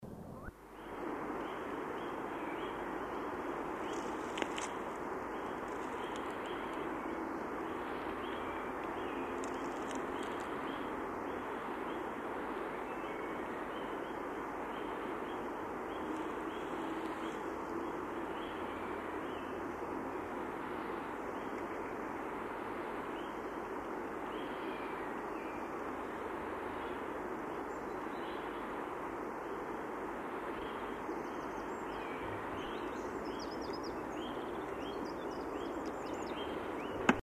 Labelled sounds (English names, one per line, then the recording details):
Eurasian Nuthatch song
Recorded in the wild
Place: Oberstdorf, Bayern, DE
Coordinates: 47.38, 10.2969
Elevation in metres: 881
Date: 1976-04-03
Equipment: Nagra IV, Sennheiser MKH 405, Parabolreflektor
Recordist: Tretzel, Erwin
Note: Knotenblumenwald, Dietersberg, Oberstdorf:Gesang